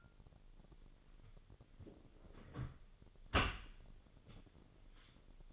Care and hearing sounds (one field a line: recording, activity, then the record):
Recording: daily activity, microphone in the room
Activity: close dishwasher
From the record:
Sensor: 4